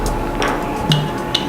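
A color HP ink cartridge is pushed into a Canon-type refill kit holder. After a softer scrape at 0.4 s, sharp clicks at 0.9 s and 1.4 s mark it snapping into place. The cartridge is confirmed seated, and it works in this holder too.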